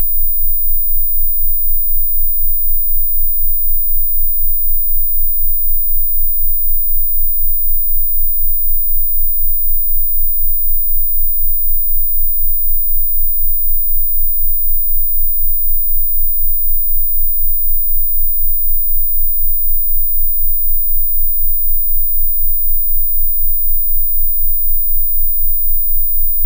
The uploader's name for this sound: 15000Hz+19000Hz Sine wave & 15Hz+19Hz Sine wave